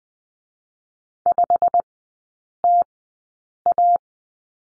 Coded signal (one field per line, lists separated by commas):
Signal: Morse code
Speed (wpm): 20 wpm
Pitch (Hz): 700 Hz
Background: none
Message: 5TA